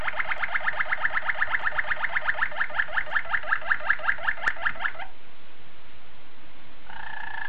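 Domestic canary song: a fast, regular rolled trill of bright repeated notes for five seconds, a short pause, then a new phrase starting.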